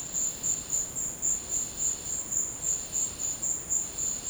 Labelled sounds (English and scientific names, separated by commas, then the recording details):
none
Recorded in dense forest near Puerto Asís, Putumayo, Colombia, on 19 March 2025 at 13:30
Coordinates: 0.500, -76.322
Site GP06